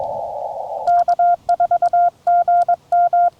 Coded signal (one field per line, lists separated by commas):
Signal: Morse code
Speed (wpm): 21 wpm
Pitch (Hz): 1400 Hz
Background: none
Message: K4GM